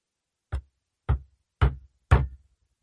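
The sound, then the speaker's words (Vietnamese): Four soft, hesitant knocks on a door, evenly spaced about half a second apart, each a dull thud with a short ring-off, with no voices. “Có tiếng gõ cửa rụt rè.”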